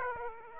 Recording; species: mosquito wingbeat signal from an infrared sensor; Aedes aegypti